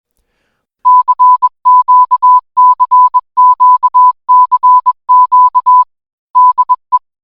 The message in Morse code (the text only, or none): CQCQCQ DE